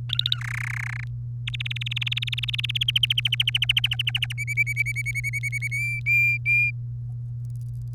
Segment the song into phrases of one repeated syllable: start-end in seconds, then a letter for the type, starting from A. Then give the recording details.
0.09-0.37 A, 0.38-1.04 B, 1.47-2.83 C, 2.88-4.33 D, 4.38-5.68 E, 5.71-6.71 F. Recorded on 3 May 2018 at 12:36. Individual llb3